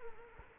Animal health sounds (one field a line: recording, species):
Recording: mosquito wingbeat signal from an infrared sensor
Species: Culex quinquefasciatus